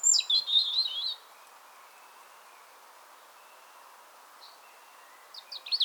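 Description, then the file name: European robin delivering one quick, high wavering warble of about a second, followed by a long quiet gap and a brief fragment of notes at the end. "Erithacus rubecula"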